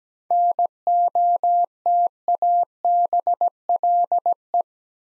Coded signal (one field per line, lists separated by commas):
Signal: Morse code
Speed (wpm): 17 wpm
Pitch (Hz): 700 Hz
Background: none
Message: NOTABLE